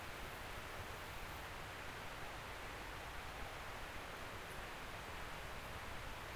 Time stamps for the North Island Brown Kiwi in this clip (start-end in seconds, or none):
none